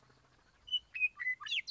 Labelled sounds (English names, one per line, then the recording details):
Western Meadowlark
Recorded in Sonoma County, California